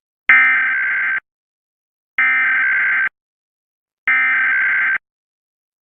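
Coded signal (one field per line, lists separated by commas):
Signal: Emergency Alert System (SAME) tones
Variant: header bursts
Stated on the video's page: EAS National Periodic Test conducted by FEMA, recorded off TV via DVR from an NBC station in the Bay Area.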